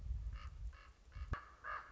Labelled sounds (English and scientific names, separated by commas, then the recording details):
Common Raven (Corvus corax)
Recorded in Sonoma County, California